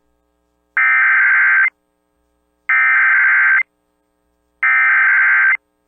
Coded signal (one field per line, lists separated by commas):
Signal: Emergency Alert System (SAME) tones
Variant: header bursts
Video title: EAS Timeline December-Derecho Hits Central Iowa and Downtown Des Moines NOAA Weather Radio